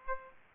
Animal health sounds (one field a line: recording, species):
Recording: mosquito wingbeat signal from an infrared sensor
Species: Aedes aegypti